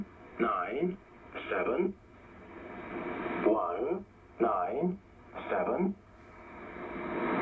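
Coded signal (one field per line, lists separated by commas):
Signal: numbers station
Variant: E07a "The English Man"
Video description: This is E07a "The English Man"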